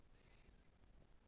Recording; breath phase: one breath near a microphone; inhalation